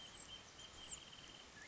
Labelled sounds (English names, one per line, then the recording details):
Wrentit
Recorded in Sonoma County, California